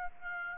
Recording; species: mosquito wingbeat signal from an infrared sensor; Aedes aegypti